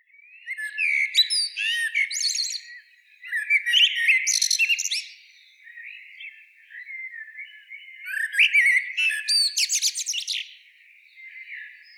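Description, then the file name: Common blackbird repeating short song phrases, fluty lower notes topped by squeaky high twitters, several bursts with brief gaps. "Turdus merula"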